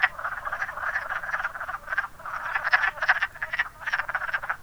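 Wood frogs calling in a dense chorus, overlapping clucking croaks blending into a steady rasping chatter with short louder bursts throughout.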